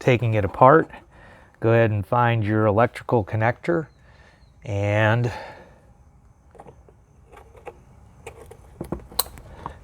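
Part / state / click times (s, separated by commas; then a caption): wiring connector onto car fog light housing / seated / 9.2 s. Someone talks, then quieter handling noises follow as the electrical connector is clipped onto the fog light housing of a BMW Z3 during reinstallation. One sharp, loud click at 9.2 s marks the connector seating.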